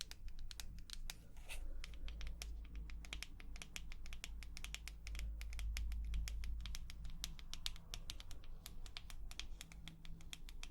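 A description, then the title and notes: Rapid fingernail tapping clicks along continuously, sharp and bright, in quick uneven bursts much like typing on a keyboard. Underneath runs a steady low hum that swells slightly around two and five to seven seconds. ASMR 100% Tapping For SleepRelaxation (Long Nails).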